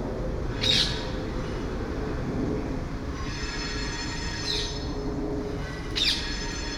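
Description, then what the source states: Parakeets giving three loud, rasping screeches spread throughout, over a constant low rumble and a thin high tone. Parakeets over Hackney Marsh.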